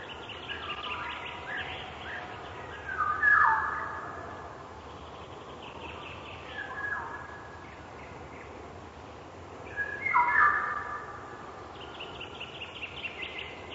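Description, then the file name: Eurasian golden oriole giving rich, fluty whistled phrases, two loud bursts several seconds apart, with other birds chirping higher and a steady background hiss. "ivolga obiknovennaya oriolus oriolus"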